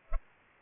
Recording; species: mosquito wingbeat signal from an infrared sensor; Culex pipiens